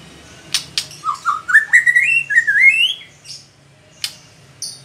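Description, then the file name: White-rumped shama song: two sharp clicks, then a steadily rising chain of slurred, wavering whistles, followed by a pause and further clicks. Female. "murai batu betina"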